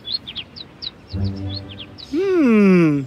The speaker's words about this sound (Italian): Oh, ciao, uccellino!